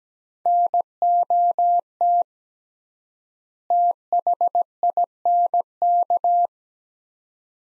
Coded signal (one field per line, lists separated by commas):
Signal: Morse code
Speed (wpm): 17 wpm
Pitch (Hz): 700 Hz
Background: none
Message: NOT THINK